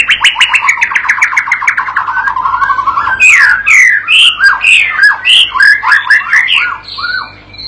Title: MURAI BATU PAUD BELAJAR GACOR, AJARI DENGAN MASTERAN PANCINGAN INI, PANCING LANGSUNG NYAUT